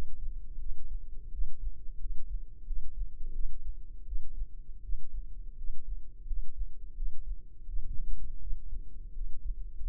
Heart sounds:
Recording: heart sounds by microphone in the left ear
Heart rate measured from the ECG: 85 bpm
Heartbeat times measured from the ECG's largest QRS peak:
0.57 s: heartbeat
1.30 s: heartbeat
1.97 s: heartbeat
2.64 s: heartbeat
3.32 s: heartbeat
4.04 s: heartbeat
4.81 s: heartbeat
5.55 s: heartbeat
6.24 s: heartbeat
6.94 s: heartbeat
7.65 s: heartbeat
8.39 s: heartbeat
9.12 s: heartbeat
9.79 s: heartbeat
From the record:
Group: healthy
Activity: cold pressor test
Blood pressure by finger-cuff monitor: 127/86 mmHg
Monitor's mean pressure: 100 mmHg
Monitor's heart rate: 85 bpm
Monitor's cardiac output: 6.5 L/min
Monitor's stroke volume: 76 mL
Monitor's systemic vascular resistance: 1120 dyn s/cm5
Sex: male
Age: 21 years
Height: 180 cm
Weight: 67.5 kg

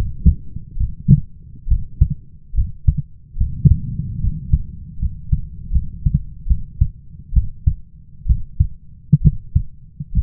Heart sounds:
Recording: heart sounds by stethoscope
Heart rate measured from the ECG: 70 bpm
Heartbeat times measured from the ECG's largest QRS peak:
0.77 s: heartbeat
1.67 s: heartbeat
2.54 s: heartbeat
3.37 s: heartbeat
4.20 s: heartbeat
4.99 s: heartbeat
5.71 s: heartbeat
6.47 s: heartbeat
7.33 s: heartbeat
8.26 s: heartbeat
9.21 s: heartbeat
10.13 s: heartbeat
From the record:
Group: healthy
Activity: rest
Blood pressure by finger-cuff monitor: 103/74 mmHg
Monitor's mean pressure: 81 mmHg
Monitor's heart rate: 70 bpm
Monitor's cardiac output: 5.2 L/min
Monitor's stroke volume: 73 mL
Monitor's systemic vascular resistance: 1110 dyn s/cm5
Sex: male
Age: 21 years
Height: 170 cm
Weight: 71 kg

